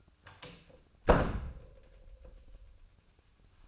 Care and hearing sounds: daily activity, microphone in the room; close door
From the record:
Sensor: 2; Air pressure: 1004.9 hPa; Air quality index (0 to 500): 67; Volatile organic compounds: 1 ppm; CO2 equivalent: 786 ppm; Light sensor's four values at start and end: 7/17/7/7 and 7/17/7/7

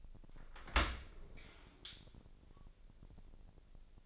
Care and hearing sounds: daily activity, microphone in the room; open dishwasher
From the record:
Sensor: 5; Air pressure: 1000.7 hPa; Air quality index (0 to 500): 248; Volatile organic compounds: 35 ppm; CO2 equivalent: 3054 ppm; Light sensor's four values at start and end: 31/71/28/27 and 31/72/28/27

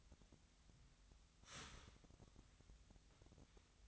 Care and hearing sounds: daily activity, microphone in the room; start toaster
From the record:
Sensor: 3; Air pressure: 1001.8 hPa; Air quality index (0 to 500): 245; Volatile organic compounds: 48 ppm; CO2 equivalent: 3270 ppm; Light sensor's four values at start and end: 14/41/18/15 and 14/42/18/16

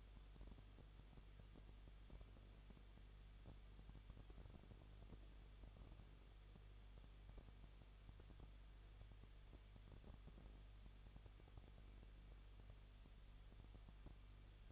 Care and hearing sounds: daily activity, microphone in the room; no activity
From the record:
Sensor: 4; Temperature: 23.0 degrees Celsius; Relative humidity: 34.0%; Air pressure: 1007.4 hPa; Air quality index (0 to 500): 214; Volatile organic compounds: 14 ppm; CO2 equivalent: 2460 ppm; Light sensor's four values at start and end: 2/3/1/1 and 2/3/1/1

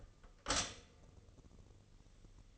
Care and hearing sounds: daily activity, microphone in the room; stop toaster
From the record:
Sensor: 4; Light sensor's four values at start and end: 13/31/12/13 and 12/28/11/12

